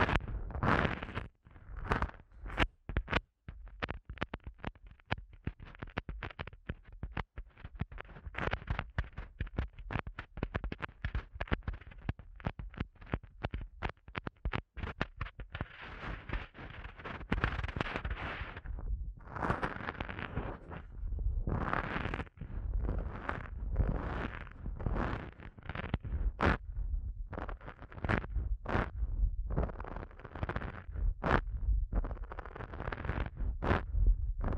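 Close-up rubbing and scratching noises for an ASMR eardrum massage, dense rapid crackles throughout with brief smoother swishes and quieter pauses.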